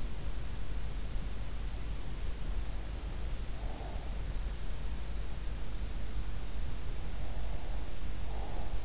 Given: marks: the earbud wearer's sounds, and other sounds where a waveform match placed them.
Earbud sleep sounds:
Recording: sounds in sleep by an in-ear microphone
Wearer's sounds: breath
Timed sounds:
3.63-4.15 s: breath
7.16-8.55 s: breath

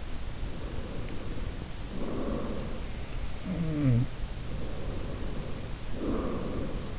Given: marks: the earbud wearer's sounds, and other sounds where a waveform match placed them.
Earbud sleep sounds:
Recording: sounds in sleep by an in-ear microphone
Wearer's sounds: breath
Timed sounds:
0.33-3.04 s: breath
3.25-4.28 s: sound from someone else or the room
4.40-6.99 s: breath

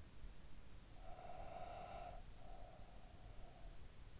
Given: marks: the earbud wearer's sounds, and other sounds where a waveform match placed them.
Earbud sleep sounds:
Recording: sounds in sleep by an in-ear microphone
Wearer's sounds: breath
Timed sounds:
0.79-4.13 s: breath

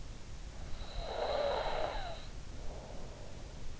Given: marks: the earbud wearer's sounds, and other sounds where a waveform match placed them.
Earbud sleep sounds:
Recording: sounds in sleep by an in-ear microphone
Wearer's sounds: snoring breath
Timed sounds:
0.88-3.64 s: snoring breath

